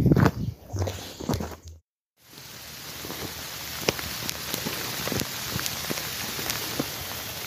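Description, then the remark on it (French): Steady, even hiss of rain falling on the ground, dotted with scattered sharp drip taps. It opens with a few seconds of louder rustling thumps and a brief silent gap. “Et voilà, ça fait 30 minutes que je marche et je suis déjà sous la pluie tropicale. Ok, alors je sais pas si on entend là, et ça c'est le bruit du chemin en fait, le chemin est une rivière.”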